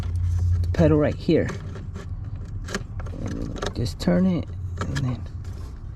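A plastic harness connector is turned into position at the accelerator pedal sensor socket on a Dodge Charger during a Pedal Commander install, while someone talks. Short handling taps and rustles sit over a steady low rumble. Nothing has seated or clicked yet.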